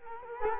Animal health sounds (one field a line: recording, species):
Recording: mosquito wingbeat signal from an infrared sensor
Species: Culex quinquefasciatus